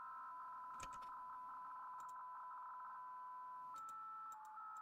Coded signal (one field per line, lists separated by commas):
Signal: PSK63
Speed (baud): 62.5 baud